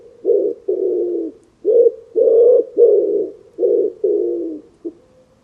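Bird cooing, deep husky notes, some clipped and some drawn out and slightly falling, with short gaps between them.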